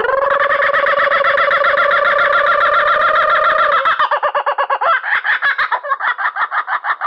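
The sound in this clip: Kookaburra call, a long rolling trilled note holding steady for about four seconds, then breaking into rapid choppy chuckling pulses.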